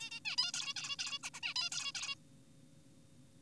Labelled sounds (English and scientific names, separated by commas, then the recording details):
Zebra Finch (Taeniopygia guttata)
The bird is an adult
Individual g4p5U